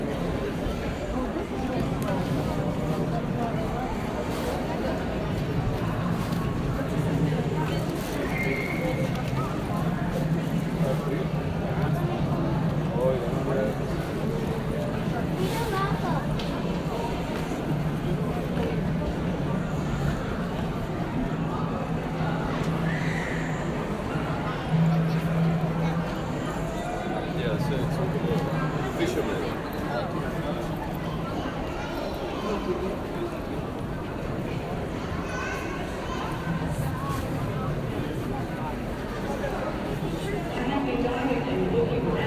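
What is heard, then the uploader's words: New York City noise: an unbroken murmur of many overlapping voices over a steady low hum that holds for the whole stretch. Faint clicks and short knocks surface now and then, but the overall level stays even throughout. Noises of streets, subway and museums in New York City.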